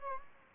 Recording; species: mosquito wingbeat signal from an infrared sensor; Anopheles gambiae